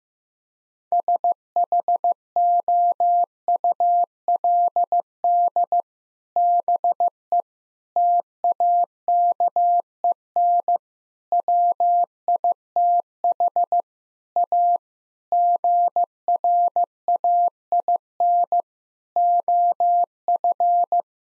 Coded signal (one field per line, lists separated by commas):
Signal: Morse code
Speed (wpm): 16 wpm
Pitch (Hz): 700 Hz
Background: none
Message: SHOULD BE TAKEN WITH A GRAIN OF